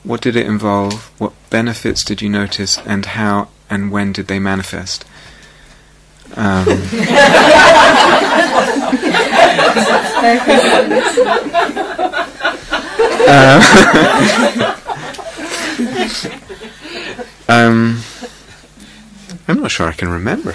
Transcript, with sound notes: What did it involve, what benefits did you notice, and how and when did they manifest?" [laughter] I'm not sure I can remember.